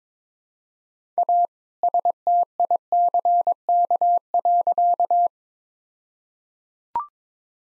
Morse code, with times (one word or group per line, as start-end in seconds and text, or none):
1.2-1.5 A
1.8-5.3 STICK.